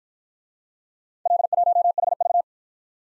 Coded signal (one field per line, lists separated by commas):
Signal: Morse code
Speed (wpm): 52 wpm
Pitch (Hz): 700 Hz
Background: none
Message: L1HV